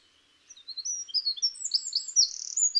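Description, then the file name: Eurasian wren giving rapid, very high, thin notes that chatter into a dense, sparkling trill, growing louder toward the end, with a quiet background. "Troglodytes troglodytes"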